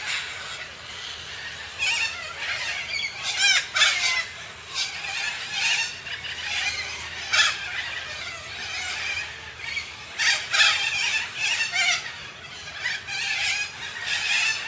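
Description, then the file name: Major Mitchell's cockatoo giving harsh, grating screeches in irregular bursts, with louder cries near four and ten seconds. "canto da cacatua inca"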